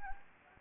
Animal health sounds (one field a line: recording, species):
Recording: mosquito wingbeat signal from an infrared sensor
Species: Anopheles gambiae